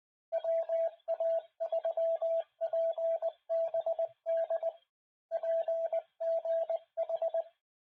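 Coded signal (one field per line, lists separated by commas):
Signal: Morse code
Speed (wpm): 19 wpm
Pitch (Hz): 660 Hz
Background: radio noise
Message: WA3PBD PGH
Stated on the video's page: Amateur radio club weekly net.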